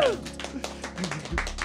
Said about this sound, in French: Je pense qu'on peut tous applaudir.